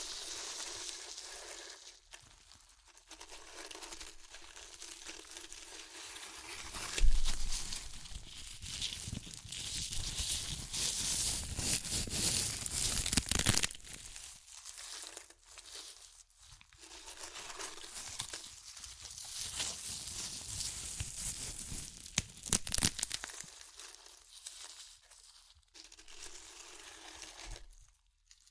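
Crunchy chips being crushed and eaten, with dense crackling and crinkling that runs in bursts. The loudest, busiest stretches fall around 7 to 14 seconds and again near 17 to 23 seconds, separated by quieter gaps with softer rustling and occasional sharp snaps.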